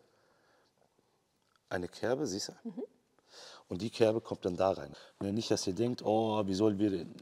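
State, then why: Not seated. A mechanic lines up a notched part on the 9-speed automatic transmission of a W213, matching its notch to its slot before pushing it home, while someone talks. Two faint, brief ticks come at about 1.6 and 3.2 seconds, but the part has not clicked or seated yet.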